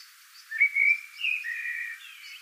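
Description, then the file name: Eurasian blackbird song, a single smooth fluted phrase of drawn-out whistles gliding up and down, with faint high notes above. "Turdus merula"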